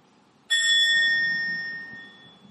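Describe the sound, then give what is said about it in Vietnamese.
A Buddhist mindfulness bell is struck once, giving a clear, bright ring of several high overtones that hang in the air and slowly fade over two seconds, with only a soft background hum. “Là khi nghe tiếng chuông, mình không có nói chuyện, mình không có suy nghĩ, mình theo dõi hơi thở, mình lắng dịu thân tâm, mình để tiếng chuông đưa mình trở về với trái tim của mình.”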